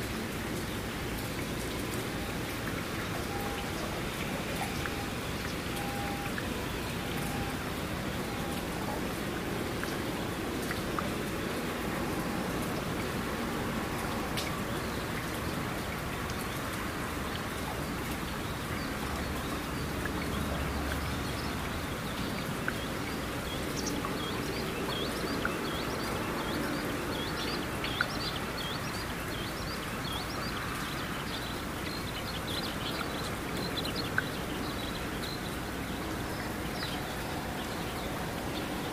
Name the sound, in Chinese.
雨